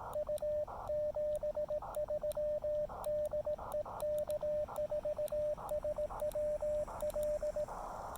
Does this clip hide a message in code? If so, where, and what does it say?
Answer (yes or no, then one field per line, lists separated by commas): yes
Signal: Morse code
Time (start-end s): 0.2-7.6 s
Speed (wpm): 17 wpm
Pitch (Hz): 600 Hz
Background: radio noise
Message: U 73 DE K4SWL